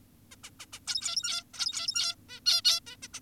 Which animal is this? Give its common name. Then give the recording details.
Zebra Finch. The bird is an adult. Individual g17y2U